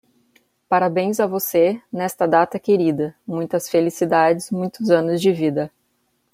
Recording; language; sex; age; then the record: short text; Brazilian Portuguese; female; 30 to 39 years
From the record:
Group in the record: control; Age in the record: 39 years